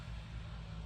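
A speaker wire plug is handled at the matching wiring connector on the back of a Pyle marine radio during installation. A steady low engine-like rumble fills the clip, with no distinct sudden sounds. Nothing has seated or clicked yet.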